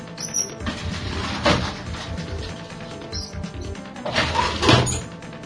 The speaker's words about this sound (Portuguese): Nossa! Eu tô abrindo a porta do calabouço.